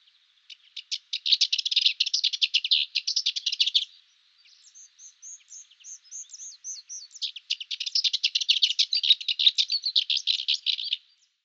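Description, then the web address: Cyprus warbler song: a long scratchy chattering phrase, then softer twittering notes, then another long chattering phrase. "Schulze Peter Cyprus Warbler song"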